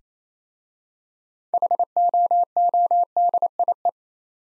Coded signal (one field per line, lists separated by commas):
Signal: Morse code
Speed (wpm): 27 wpm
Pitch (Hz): 700 Hz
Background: none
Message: HOODIE